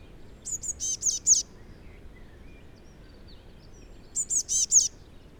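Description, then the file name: Eurasian blue tit delivering two quick series of four or five high, sharp notes several seconds apart, over a quiet hissing background with faint chirps. "Cyanistes caeruleus"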